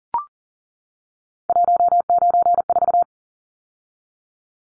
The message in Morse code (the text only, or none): 194